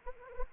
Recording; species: mosquito wingbeat signal from an infrared sensor; Anopheles arabiensis